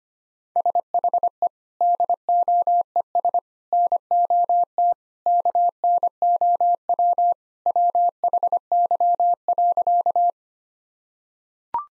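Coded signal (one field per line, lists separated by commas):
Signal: Morse code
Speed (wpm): 25 wpm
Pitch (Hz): 700 Hz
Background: none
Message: SHE DOES NOT KNOW WHY.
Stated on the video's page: Morse code practice at 25 wpm: sentences built from common four-word phrases, each sent in Morse, then spoken, then sent again.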